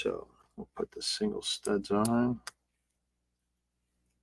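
Someone talks while single-stud plastic bricks are handled, about to be pressed onto the studs of a Misini M9505 Lighthouse brick model. The speech stops at about 2.5 s and near-silence follows to the end. Nothing has seated or clicked yet.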